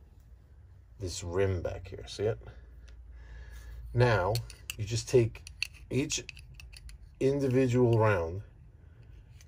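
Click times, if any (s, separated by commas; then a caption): 9.4 s. Someone talks while a rifle cartridge is slid into a steel M1 Garand en bloc clip and pushed back until its rim passes the clip's lip. A short, sharp click at 9.4 s marks the round seating in the clip.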